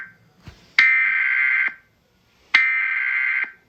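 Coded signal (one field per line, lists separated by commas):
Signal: Emergency Alert System (SAME) tones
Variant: header bursts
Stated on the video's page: Fictional EAS scenario, simulated alert.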